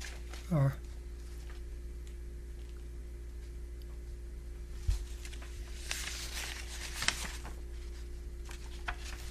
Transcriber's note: paper shuffling sound